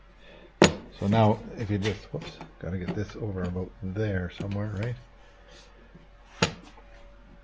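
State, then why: Seated. A metal body trim strip on a 1976 BMW 2002 is pressed onto its retaining clip on the car body while someone talks, with a brief sharp sound near 0.6 s. A sharp snap at 6.4 s shows the trim strip has seated onto the clip.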